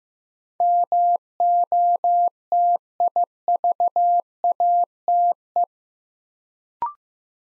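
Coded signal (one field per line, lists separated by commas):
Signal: Morse code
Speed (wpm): 15 wpm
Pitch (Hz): 700 Hz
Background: none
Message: MOTIVATE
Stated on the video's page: Morse practice at 15 wpm building 8-letter words two letters at a time, for instant character recognition training.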